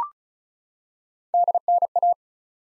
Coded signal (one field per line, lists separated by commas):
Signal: Morse code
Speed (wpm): 36 wpm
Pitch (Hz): 700 Hz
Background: none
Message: DNA